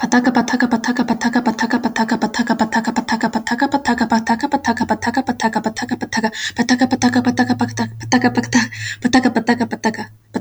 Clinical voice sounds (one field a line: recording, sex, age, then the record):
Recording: repeated syllables /pa ta ka/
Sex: female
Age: 18 to 19 years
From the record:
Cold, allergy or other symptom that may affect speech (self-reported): no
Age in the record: 18 years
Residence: Florida, United States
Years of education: 14